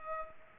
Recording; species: mosquito wingbeat signal from an infrared sensor; Culex pipiens